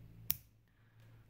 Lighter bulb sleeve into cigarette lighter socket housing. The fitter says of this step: it in there you'll hear that satisfying click